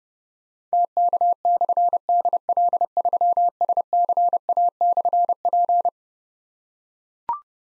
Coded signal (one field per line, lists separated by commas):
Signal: Morse code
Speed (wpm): 30 wpm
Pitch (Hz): 700 Hz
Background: none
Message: TK/DL3SCA/P